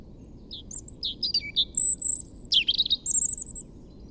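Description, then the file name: European robin song, a short run of thin high whistles, sliding notes and a sharp trilled flourish, varied and quick, over faint low rumble. "Erithacus rubecula"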